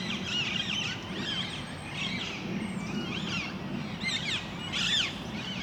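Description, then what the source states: Parakeets calling with harsh, rising-falling squawks in scattered bursts, a few louder near the end, over steady low rumble. Parakeets in Parc Duden, Forest, Brussels, Belgium, just before nightfall; recorded with Zoom MicTrak M4 internal XY microphones.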